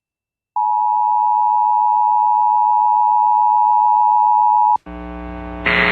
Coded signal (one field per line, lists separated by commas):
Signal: Emergency Alert System (SAME) tones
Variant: 853 and 960 Hz attention tone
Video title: TX TOR-C EAS #727 (Tropical Storm Beryl)